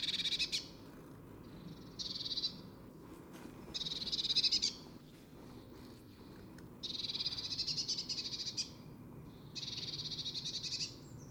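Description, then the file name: Eurasian blue tit giving harsh, buzzy churring rattles in bursts of about half a second to two seconds, separated by short pauses, over a low steady background rumble. "Cyanistes caeruleus"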